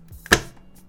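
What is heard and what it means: A graphics card, lined up with the retention lever opened, is pressed down into a motherboard PCIe slot. A faint tick at 0.3 s comes just before one sharp, loud click at 0.3 s, followed by a short decaying tail. The card is seated and the slot's lock is engaged.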